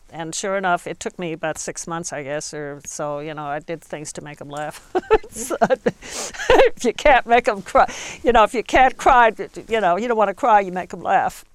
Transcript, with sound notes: And, sure enough, it took me about six months I guess, or so, you know I did things to make them laugh. (she laughs) If you can't make 'em cry, you know, if you can't cry, you know, you don't want to cry, you make 'em laugh.